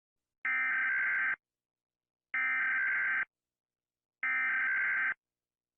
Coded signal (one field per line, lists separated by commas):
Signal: Emergency Alert System (SAME) tones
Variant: header bursts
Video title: Rating Eas alarms